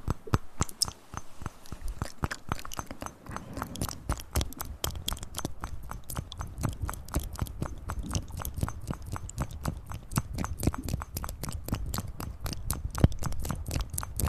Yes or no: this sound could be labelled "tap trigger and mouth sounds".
yes